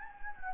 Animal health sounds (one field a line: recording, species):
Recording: mosquito wingbeat signal from an infrared sensor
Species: Anopheles gambiae